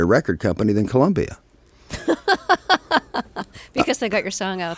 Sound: soundbite of laughter

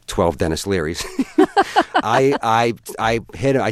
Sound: soundbite of laughter

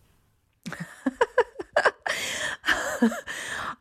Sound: laughter

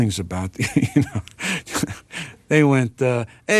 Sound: laughter

